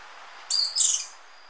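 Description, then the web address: Slaty-capped flycatcher giving a single sharp, high two-part call, a bright note sliding into a slightly lower second half, over faint background hiss. Ecuador. "Birds of Ecuador Slaty-capped Flycatcher"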